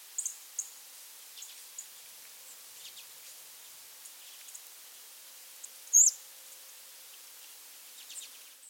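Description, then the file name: Harris's sparrow call notes: scattered brief, very high chips, one loud sharp note near six seconds, the rest faint against a light hiss. "Zonotrichia querula - Harris's Sparrow"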